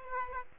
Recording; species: mosquito wingbeat signal from an infrared sensor; Aedes aegypti